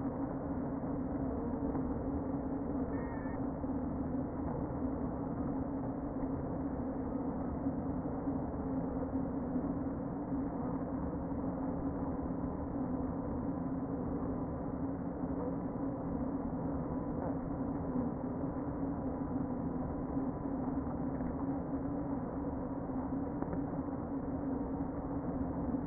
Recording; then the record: honeybee colony, microphone inside the hive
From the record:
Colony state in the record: queen present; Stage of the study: before two queens were removed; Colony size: about 60,000 bees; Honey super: yes